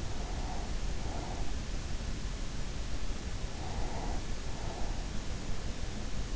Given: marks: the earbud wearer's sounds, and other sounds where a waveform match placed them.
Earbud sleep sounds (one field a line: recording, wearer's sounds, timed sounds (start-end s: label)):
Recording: sounds in sleep by an in-ear microphone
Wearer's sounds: breath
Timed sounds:
0.09-1.75 s: breath
3.46-5.49 s: breath